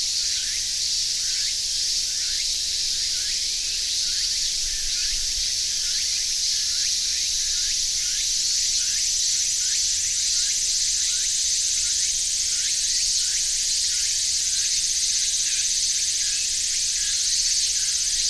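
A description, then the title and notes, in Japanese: A chorus of cicadas, tsukutsukuboshi, minminzemi and aburazemi, fills the air with a dense, bright, steady buzz. Fast rhythmic pulses repeat throughout, roughly several per second, over a faint low rumble in the background. 本当はササキリの声を録音したくて訪れた磯部の城山。セミの声があまりにすごくて、ササキリの声は全く聞こえず、やむなくターゲットを変更しました。ツクツクボウシ、ミンミンゼミ、アブラゼミの合唱です。ZOOM H6。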